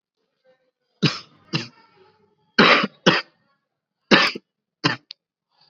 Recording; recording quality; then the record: heavy voluntary cough; excellent, no background noise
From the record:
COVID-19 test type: RT-PCR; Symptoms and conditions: cough, fever, fatigue, muscle pain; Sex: male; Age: 21 years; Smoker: yes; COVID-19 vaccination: both doses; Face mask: worn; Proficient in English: yes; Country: India